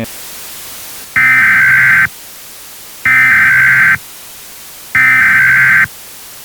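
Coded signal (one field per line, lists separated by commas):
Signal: Emergency Alert System (SAME) tones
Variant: header bursts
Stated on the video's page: Fictional EAS scenario set in the 90s with analog radio and recording.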